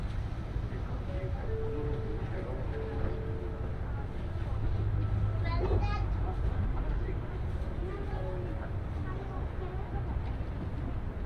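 Aboard the Nishi-Kyushu Shinkansen from Nagasaki to Saga, a steady low rumble persists with brief tones and occasional speech throughout.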